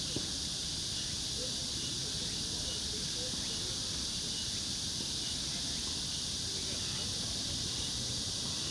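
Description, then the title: Cicada chorus forming an unbroken shrill buzz throughout, even in level from start to finish, over a soft low background rumble. Recorded in summer at Yangjae Citizens Forest, Yangjae 2-dong, Seocho-gu, Seoul, South Korea. "대한민국 서울특별시 서초구 양재2동 235-1-Yangjae Citizens Forest, Summer, Cicada"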